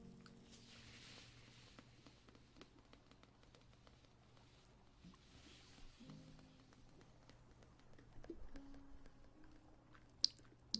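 Soft ear massage sounds: quiet wet squishes, faint taps and small clicks scattered through the whole stretch, with a low steady hum underneath. Rubbing grows a little denser near the eighth second, and one sharper click stands out just after ten seconds.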